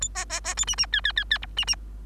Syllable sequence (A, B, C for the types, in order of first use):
A B B B C D D E E E E F D D